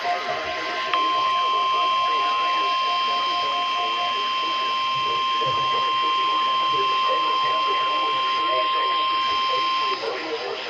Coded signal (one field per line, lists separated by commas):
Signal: Emergency Alert System (SAME) tones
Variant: 1050 Hz attention tone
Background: speech